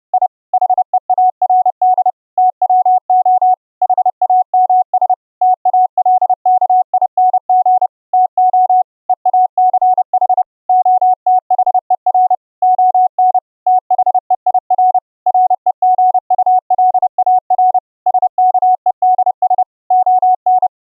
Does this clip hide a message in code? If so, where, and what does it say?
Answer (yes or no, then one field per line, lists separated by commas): yes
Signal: Morse code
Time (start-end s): 0.1-20.7 s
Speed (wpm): 30 wpm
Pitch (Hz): 740 Hz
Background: none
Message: I HEARD TWO HAMS TALKING TO EACH OTHER ON THEIR REGULAR SKEDS ON